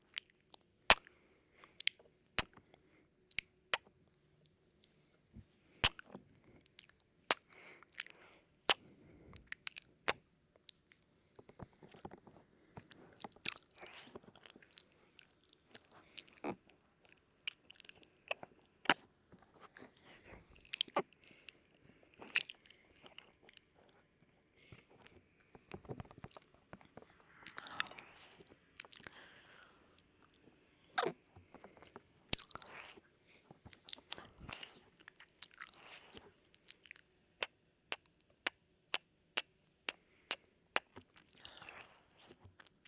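Wet mouth sounds and nibbling bites run throughout, with sharp clicks and crunches landing every second or so. Some stretches pack the snaps tightly together, others ease into softer smacking and breathy chewing.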